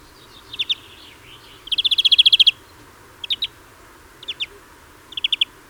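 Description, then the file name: European greenfinch giving short groups of a few chirps around a fast, even trill of about ten notes, with quiet pauses between bursts. "Chloris chloris"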